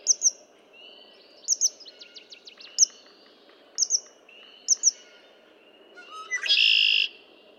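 Red-winged blackbird giving short high chip notes repeated throughout, ending with a harsh buzzy trill near the end.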